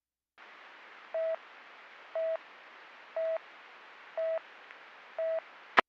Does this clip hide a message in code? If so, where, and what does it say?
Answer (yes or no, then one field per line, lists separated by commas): no